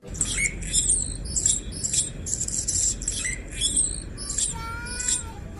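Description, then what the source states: Anna's hummingbird song: scratchy, buzzy bursts of high, noisy notes repeated in uneven phrases. Described as a scratchy, buzzy song; the species is said to be sedentary by hummingbird standards.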